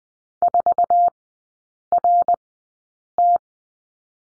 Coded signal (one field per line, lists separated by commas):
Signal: Morse code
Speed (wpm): 19 wpm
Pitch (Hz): 700 Hz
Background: none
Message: 4RT